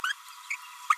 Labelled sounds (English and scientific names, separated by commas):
Green-rumped Parrotlet (Forpus passerinus) babbling